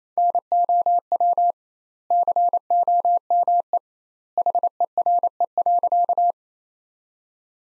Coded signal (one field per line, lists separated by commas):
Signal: Morse code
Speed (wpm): 28 wpm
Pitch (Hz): 700 Hz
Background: none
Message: NOW COME HERE.